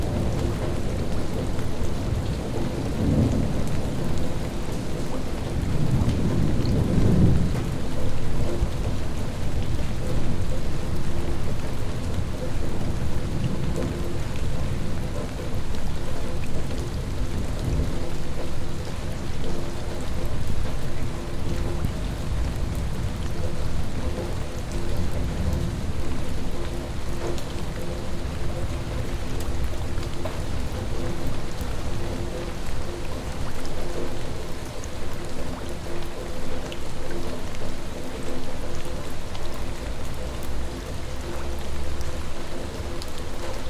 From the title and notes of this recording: Wroclaw in the rain. Ciepła, Krzyki. 18.30. Opis: Deszcz. Rekorder, mikrofon: sony pcm d50, mic rode nt4, FEL BMA preamplifier.